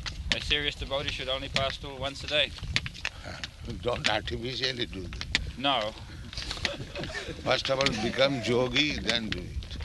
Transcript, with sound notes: a serious devotee should only pass stool once a day?
Don't artificially do that. [laughter] First of all become yogī, then do it.